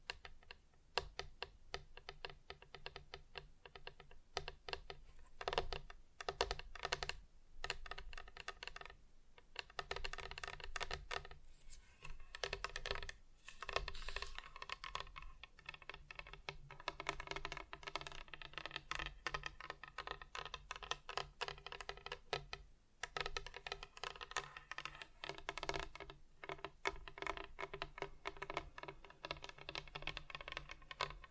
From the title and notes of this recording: ASMR Just Tapping (Different Surfaces No Talking).